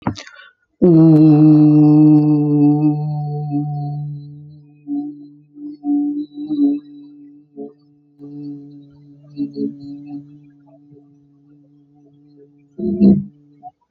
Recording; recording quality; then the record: sustained vowel as in boot; moderate, slight background noise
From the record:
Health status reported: healthy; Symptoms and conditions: hypertension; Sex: male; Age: 35 years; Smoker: yes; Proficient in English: yes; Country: United States